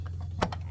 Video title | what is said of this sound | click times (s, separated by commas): Why My BMW Temperature Gauge Stuck Cold? N55 Engine #diyrepair #mechanic #diy | Get the big fat connector in here. Snap in there. | 0.4 s